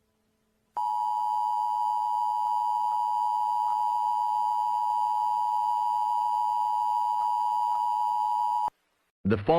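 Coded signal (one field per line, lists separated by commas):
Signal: Emergency Alert System (SAME) tones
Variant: 853 and 960 Hz attention tone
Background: speech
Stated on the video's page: Fictional EAS scenario depicting a sea level rise outbreak; simulated alert, not a real broadcast.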